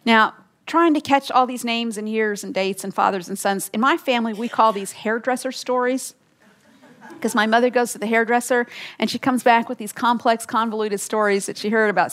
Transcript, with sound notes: Now, trying to catch all these names and years and dates and fathers and sons—in my family we call these (laughter) because my mother goes to the hairdresser, and she comes back with these complex, convoluted stories that she heard about.